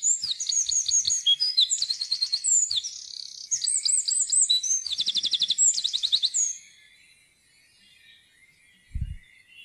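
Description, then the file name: Eurasian wren song of shrill trills and quick warbles lasting about six and a half seconds, followed by quiet and a single low thud. "gjerdesmett"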